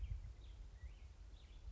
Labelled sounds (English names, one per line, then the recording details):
Black-headed Grosbeak
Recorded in Sonoma County, California